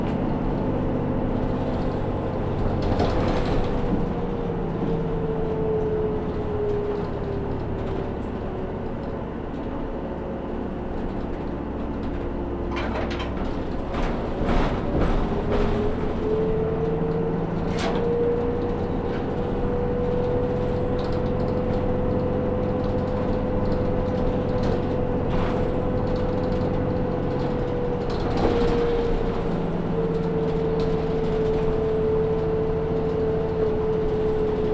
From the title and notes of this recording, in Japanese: 松浦鉄道・西肥バス 中佐世保→佐世保→弓張岳展望台。駅から5分ほど歩いたバスターミナルから弓張岳展望台行きバスに乗車。